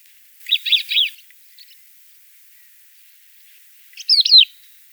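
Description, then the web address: Crested lark calling twice, a burst of three slurred whistled notes followed about three seconds later by a similar rising-falling phrase, a faint chip between them. "galerida cristata call"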